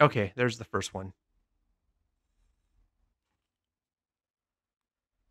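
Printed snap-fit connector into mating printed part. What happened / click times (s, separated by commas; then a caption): Parts handled, nothing has seated yet / none. Someone talks for about the first second while handling the second 3D-printed plastic snap-fit connector going into its mating 3D-printed test part, and then the rest is near silence. Nothing has seated or clicked yet.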